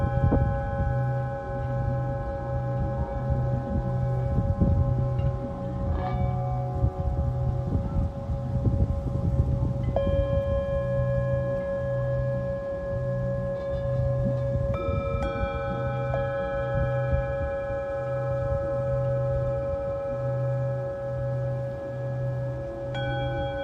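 A singing bowl sounds in a sound-healing session, its steady ringing tones held for the whole stretch. New strikes refresh the ring at about 6, 10 and 15 seconds, adding brighter overtones, while a low pulsing throb wavers underneath throughout.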